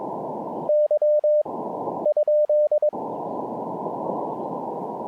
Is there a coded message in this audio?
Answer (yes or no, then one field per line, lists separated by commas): yes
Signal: Morse code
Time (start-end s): 0.7-2.9 s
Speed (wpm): 22 wpm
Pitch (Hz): 600 Hz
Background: radio noise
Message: Y ?